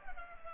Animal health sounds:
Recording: mosquito wingbeat signal from an infrared sensor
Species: Culex pipiens

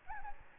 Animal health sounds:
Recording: mosquito wingbeat signal from an infrared sensor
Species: Aedes albopictus

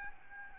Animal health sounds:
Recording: mosquito wingbeat signal from an infrared sensor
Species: Aedes albopictus

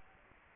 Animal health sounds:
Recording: mosquito wingbeat signal from an infrared sensor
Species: Anopheles gambiae

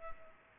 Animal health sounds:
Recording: mosquito wingbeat signal from an infrared sensor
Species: Culex pipiens

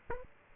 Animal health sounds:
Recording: mosquito wingbeat signal from an infrared sensor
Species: Aedes aegypti

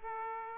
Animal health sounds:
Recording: mosquito wingbeat signal from an infrared sensor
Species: Aedes aegypti

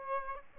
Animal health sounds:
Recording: mosquito wingbeat signal from an infrared sensor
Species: Aedes albopictus

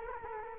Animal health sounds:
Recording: mosquito wingbeat signal from an infrared sensor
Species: Culex quinquefasciatus

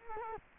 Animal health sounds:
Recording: mosquito wingbeat signal from an infrared sensor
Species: Culex quinquefasciatus

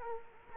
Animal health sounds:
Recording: mosquito wingbeat signal from an infrared sensor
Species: Culex quinquefasciatus

